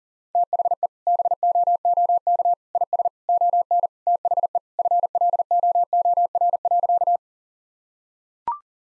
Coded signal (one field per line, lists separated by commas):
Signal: Morse code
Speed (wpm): 40 wpm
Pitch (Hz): 700 Hz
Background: none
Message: THE BOOK IS ON THE FLOOR.